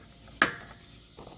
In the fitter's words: you can hear it snapping all there is to that